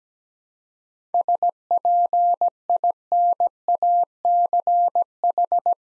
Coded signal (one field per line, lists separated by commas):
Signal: Morse code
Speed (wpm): 17 wpm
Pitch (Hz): 700 Hz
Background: none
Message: SPINACH